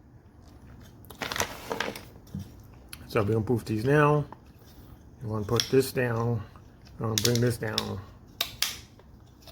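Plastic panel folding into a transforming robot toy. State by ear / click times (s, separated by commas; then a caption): seated / 8.4 s, 8.6 s. A plastic panel on a WFC Kingdom Rodimus Prime Commander Class transforming robot toy is folded down and pushed into position while someone talks, with soft plastic handling sounds throughout. Two sharp plastic clicks at 8.4 s and 8.6 s mark the panel locking into place on a small tab.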